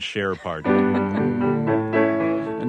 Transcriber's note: soundbite of laughter